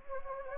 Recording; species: mosquito wingbeat signal from an infrared sensor; Anopheles gambiae